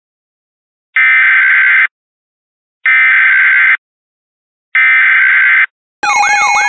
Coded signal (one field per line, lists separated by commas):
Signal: Emergency Alert System (SAME) tones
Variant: header bursts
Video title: EAS mock: The Magic Dimension Tornado Outbreak